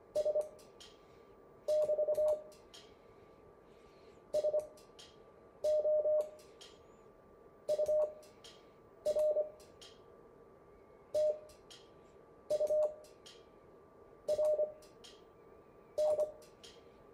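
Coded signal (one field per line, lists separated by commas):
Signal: Morse code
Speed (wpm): 26 wpm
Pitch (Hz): 610 Hz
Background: none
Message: S <BT> SO UR TURN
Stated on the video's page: Morse code make-up class session.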